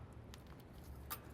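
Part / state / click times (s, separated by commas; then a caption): filter housing side clip into its bracket / seated / 0.3 s. The second side clip of a plastic filter housing is locked into its bracket, giving a sharp click at 0.3 s over a low background rumble. The clip clicks home and that side of the housing is seated.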